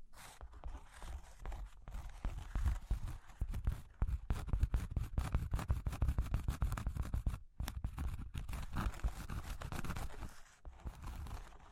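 Rapid, dense tapping and scratching on cork and wood, with irregular clusters of dull knocks and brief pauses near two and seven seconds.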